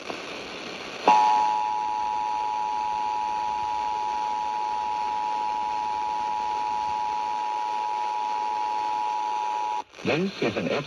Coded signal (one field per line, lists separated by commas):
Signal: Emergency Alert System (SAME) tones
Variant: 853 and 960 Hz attention tone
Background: speech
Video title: [EAS #1474-#1475] Ventura County Monthly Tests